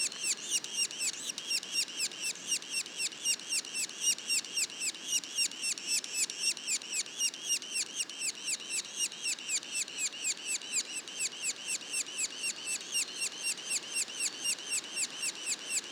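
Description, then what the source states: Yellow-bellied sapsucker juvenile calling in a long, unbroken series of squeaky, downward-curving notes, close to four per second throughout. Juveniles; Mont-Orford National Park, Quebec.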